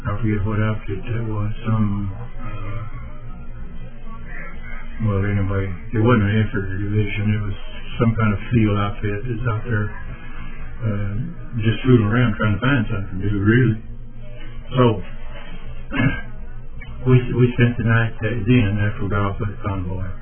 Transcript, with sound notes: I forget what outfit that was, some…well anyway, it wa’n’t an infantry division, it was some kind of field outfit that was out there…just fooling around trying to find something to do really. So (Clears throat) we s…we spent the night there then after we got off that convoy,